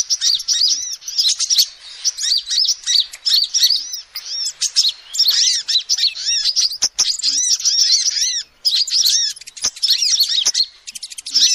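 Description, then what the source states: Lovebirds chattering with shrill, rapid arched chirps and squeaks, running almost continuously with short gaps and some sharp clicks. Lovebird call used as a lure to trap birds.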